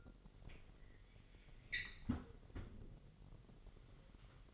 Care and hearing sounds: daily activity, microphone in the room; close fridge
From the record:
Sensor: 4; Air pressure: 1002.8 hPa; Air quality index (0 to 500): 247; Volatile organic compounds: 19 ppm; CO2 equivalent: 2640 ppm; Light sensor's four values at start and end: 4/9/3/4 and 4/9/3/4

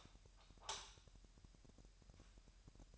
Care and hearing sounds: daily activity, microphone in the room; light on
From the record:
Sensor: 2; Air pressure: 1001.8 hPa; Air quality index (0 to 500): 240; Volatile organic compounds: 31 ppm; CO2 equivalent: 2979 ppm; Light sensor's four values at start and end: 4/10/4/4 and 9/26/10/10

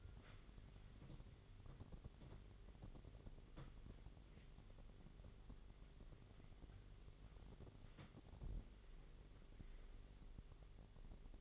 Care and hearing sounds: daily activity, microphone in the room; wipe stove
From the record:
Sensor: 4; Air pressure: 1004.0 hPa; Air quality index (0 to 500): 156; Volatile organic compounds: 2 ppm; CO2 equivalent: 1115 ppm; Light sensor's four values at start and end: 13/30/12/13 and 13/30/12/13

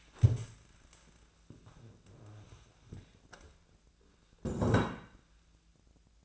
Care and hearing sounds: daily activity, microphone in the room; stand up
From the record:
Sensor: 2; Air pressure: 1000.3 hPa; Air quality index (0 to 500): 160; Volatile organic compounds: 3 ppm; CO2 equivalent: 1336 ppm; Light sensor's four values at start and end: 8/19/8/9 and 9/18/8/9

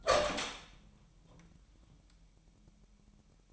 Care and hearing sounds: daily activity, microphone in the room; open door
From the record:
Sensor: 1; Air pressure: 998.5 hPa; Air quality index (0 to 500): 132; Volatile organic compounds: 4 ppm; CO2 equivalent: 1575 ppm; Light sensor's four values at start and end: 19/62/25/26 and 19/62/25/26

